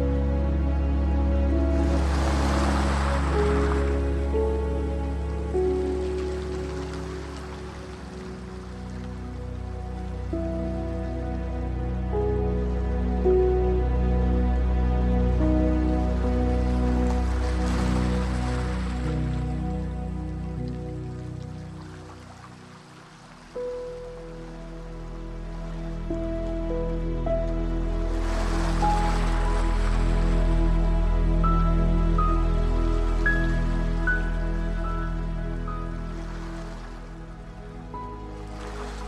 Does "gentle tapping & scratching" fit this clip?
no